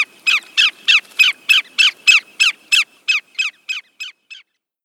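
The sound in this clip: Greater yellowlegs calling a steady series of about fifteen sharp notes, roughly three per second, fading toward the end.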